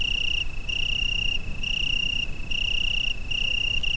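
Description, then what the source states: Insect calls: a continuous high-pitched ringing trill with short pauses roughly every second, with low rumbling noise underneath throughout. Summer night ambience in France in July.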